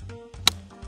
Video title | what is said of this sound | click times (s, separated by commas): Mobygum Xenon R 2023 - 52V, 23ah près de 3000 watts avec un SAV Français pour moins de 1000€ !!! | voilà vous entendez ça là c'est bon | 0.5 s